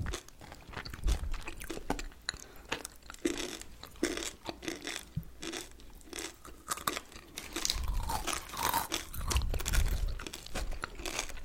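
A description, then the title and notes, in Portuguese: Crisp crunching and chewing of candy and chocolate, with dense, irregular bites and wet mouth sounds throughout, plus faint wrapper crinkles. ASMR comendo doces, chocolates e balas, com muitos sons de boca e mastigação. CANDY EATING SOUNDS.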